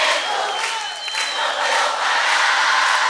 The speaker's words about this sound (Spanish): Este aplauso de parte nuestra por ustedes, para ustedes, de parte de todos nosotros. Gracias. Gracias de corazón.